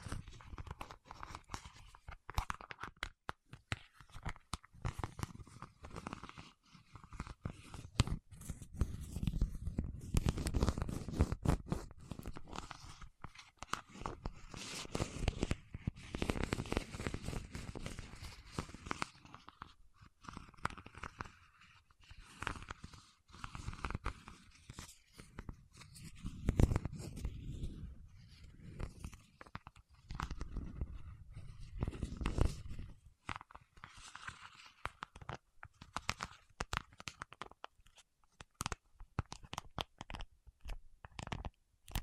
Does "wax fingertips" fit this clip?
yes